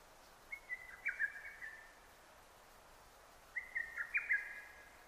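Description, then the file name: Lesser cuckoo giving two emphatic phrases of tumbling whistled notes, a pause of about two seconds between them, with light background hiss. Recorded 6 June 2009. "hototogisu-20090606"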